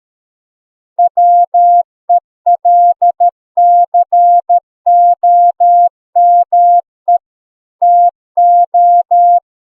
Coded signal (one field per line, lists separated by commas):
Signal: Morse code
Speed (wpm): 13 wpm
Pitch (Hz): 700 Hz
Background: none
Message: WELCOME TO